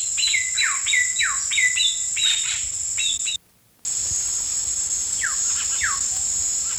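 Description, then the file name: Ecuadorian cacique calls, several quick descending whistled notes in a run, a brief gap, then two fainter falling notes, with a constant high insect buzz behind. "Cacicus sclateri - Ecuadorian Cacique"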